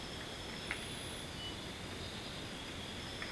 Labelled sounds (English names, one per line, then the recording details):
none
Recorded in secondary vegetation near Puerto Asís, Putumayo, Colombia, on 18 February 2024 at 03:00
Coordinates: 0.472, -76.331
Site G6371